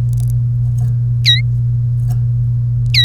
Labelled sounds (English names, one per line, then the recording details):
Domestic Canary song
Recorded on 1 May 2018 at 16:15
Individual llb3